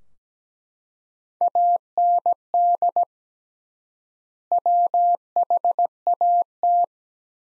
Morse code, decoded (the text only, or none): AND WHAT